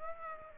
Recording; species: mosquito wingbeat signal from an infrared sensor; Aedes aegypti